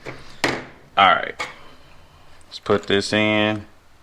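A plastic MC4-type solar panel cable connector is handled and lined up with its mating connector, with a sharp handling knock at 0.4 s and a faint tick at 2.4 s. Someone talks in between. The connector has not clicked or seated yet by the end of the clip.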